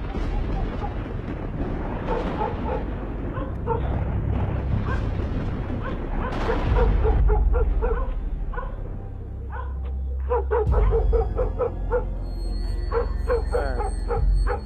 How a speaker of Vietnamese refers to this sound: Bầy chó ở trong làng lúc này tựa như phải động, nó cắn lên điên dại.